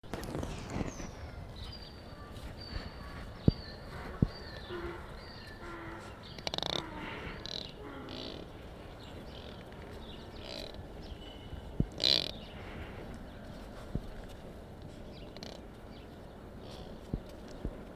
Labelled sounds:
Mule Deer (Odocoileus hemionus) call
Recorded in captivity
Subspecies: hemionus
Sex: male
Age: adult
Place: Tierpark Berlin, Berlin, DE
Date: 1967-12-02 13:00
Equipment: R 20/1, Sennheiser MD 421
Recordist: Tembrock, Günter
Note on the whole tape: Felsengebirgs-Maultierhirsch. Männchen: Laute gegen Beobachter, dabei zum Teil Vorstrecken und Kreisgang (mit Abwenden). Abstand: 1-3 m

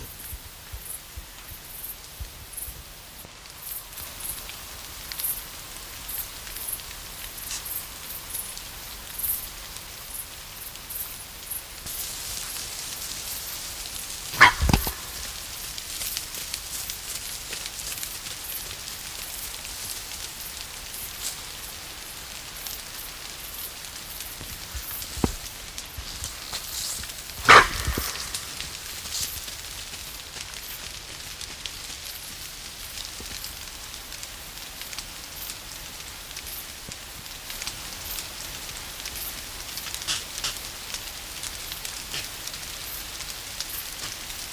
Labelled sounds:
Fallow Deer (Dama dama) barking
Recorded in the wild
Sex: female
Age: diverse
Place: Treuchtlingen, Heumöderntal, Bayern, DE
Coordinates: 48.96, 10.91
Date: 1993-08-30 20:00
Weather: overcast, rain, 13°C
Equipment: Marantz CP 430, Sennheiser MKH 416 T, Kopie Uher Variocord 263
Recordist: Tembrock, Günter

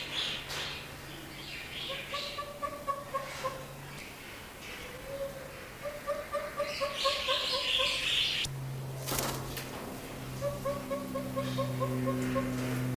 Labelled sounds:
Northern Red-billed Hornbill (Tockus erythrorhynchus) call
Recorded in captivity
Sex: male
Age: adult
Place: Zoo Berlin, Berlin, DE
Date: 1997-11-15 11:24
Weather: bedeckt - leichter Regen, 4-6°C
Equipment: Nagra SN, Kopie Uher 4000 Report Monitor
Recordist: Tembrock, Günter

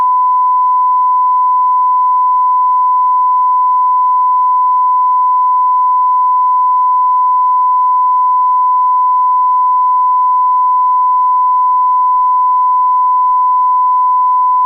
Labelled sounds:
Little Crake (Porzana parva) song
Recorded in the wild
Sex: male
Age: adult
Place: Gartz (Oder), Nationalpark Unteres Odertal, Brandenburg, DE
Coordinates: 53.1148, 14.3622
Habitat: wetland
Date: 2016-04-22 22:55
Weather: 5°C, 80% humidity, almost windless
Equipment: Edirol R44, Microtech Gefell MK 250/MV220
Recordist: Freitag, Annika and Frommolt, Karl-Heinz
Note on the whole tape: Polder 10: calibrated recording of a little crake. Distance 38.6 m estimated using a line array (recording

